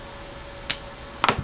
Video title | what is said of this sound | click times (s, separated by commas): Sequoia Features | when you hear that click | 1.2 s, 1.3 s